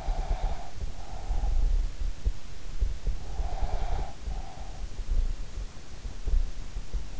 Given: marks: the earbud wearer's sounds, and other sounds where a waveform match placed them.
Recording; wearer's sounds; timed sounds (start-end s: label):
sounds in sleep by an in-ear microphone; breath
0.00-2.13 s: breath
3.40-4.95 s: breath